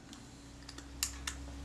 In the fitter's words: put the lens in place lining up the red dot clicks